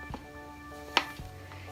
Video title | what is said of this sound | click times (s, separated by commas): DIY How to Steam Clean your Clothes at home! Discount Code for steamer! - Frenchie FunFinds | you're gonna hear it sort of snap into place so then you're ready to go | 1.0 s